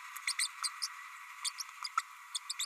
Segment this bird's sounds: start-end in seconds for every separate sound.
0.27-0.33, 0.38-0.47, 0.63-0.68, 0.82-0.87, 1.44-1.50, 1.59-1.63, 1.84-1.87, 1.97-2.01, 2.34-2.38, 2.49-2.53, 2.59-2.65